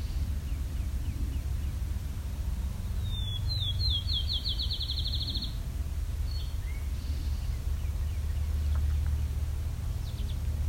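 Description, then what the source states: Field sparrow song: high, sweet whistled notes speeding up into a fast, even trill over about two seconds, with a steady low rumble of aircraft behind. Recorded while hiking a trail on the side of a drumlin, a small hill, at Westover, Ontario, with airplanes circling overhead making it noisy.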